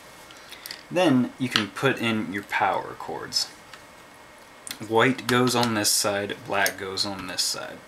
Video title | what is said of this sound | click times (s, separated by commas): HP TC1100 Assembly: Part II | then you push it down both those will lock in | 0.7 s